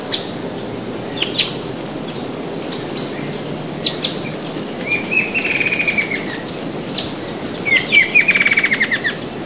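Bird calls: two quick trilled bursts of rapid repeated notes, one midway and a louder one near the end, with sparse faint chirps and constant hiss.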